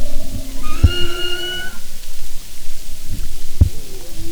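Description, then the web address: Humpback whale cries: a high harmonic wail over lower steady tones, then a short tonal note near the end, with two sharp knocks. "Sound and Marine Mammals humpback"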